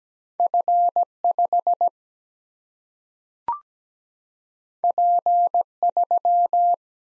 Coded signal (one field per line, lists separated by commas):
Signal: Morse code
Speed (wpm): 17 wpm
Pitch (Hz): 700 Hz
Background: none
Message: F 5 P 3